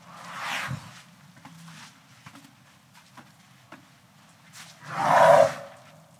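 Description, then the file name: Elephant snorting: a breathy burst at the start, then scattered soft thuds and shuffles, then a long, loud, rasping snort late. Walking and snorting. "Digiffects Sound Effects Library - Elephant Walking and Snorting"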